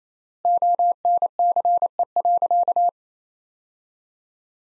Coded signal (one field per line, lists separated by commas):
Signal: Morse code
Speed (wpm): 28 wpm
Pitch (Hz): 700 Hz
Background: none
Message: ONCE.